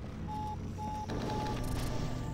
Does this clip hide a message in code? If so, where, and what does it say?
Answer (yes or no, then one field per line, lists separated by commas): no